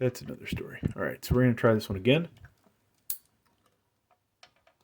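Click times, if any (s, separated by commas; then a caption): 3.1 s. Someone talks, then a stock CPU cooler push pin that had not seated is pressed down again through its mounting hole on an Aorus B760M Elite AX motherboard fitted with an i5-13400F. A single sharp snap sounds at 3.1 s as the pin seats, followed by a few faint ticks. All four pins are then confirmed good.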